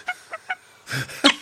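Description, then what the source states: Common moorhen aggressive calls: three short clucking notes in quick succession, then a harsh rasping burst and a loud, strident squawk. Two males fighting on a farmyard duck pond at Christmas 2016; the aggression continues for another 30 minutes.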